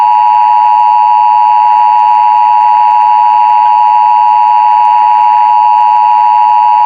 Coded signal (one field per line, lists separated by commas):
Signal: Emergency Alert System (SAME) tones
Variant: 853 and 960 Hz attention tone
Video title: The National EAS Test Hijacking Of 2011